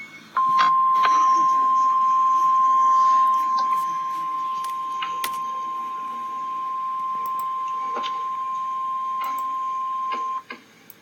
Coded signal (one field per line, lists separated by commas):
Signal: Emergency Alert System (SAME) tones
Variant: 1050 Hz attention tone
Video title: REAL EAS 407-Tornado warning